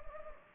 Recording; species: mosquito wingbeat signal from an infrared sensor; Anopheles gambiae